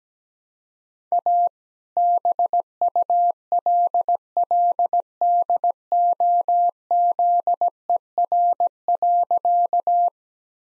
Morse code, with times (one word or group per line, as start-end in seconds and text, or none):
1.1-1.5 A
2.0-10.1 BULLDOZER.